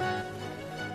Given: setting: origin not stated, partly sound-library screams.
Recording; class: one-second piece from a danger detection set; normal situation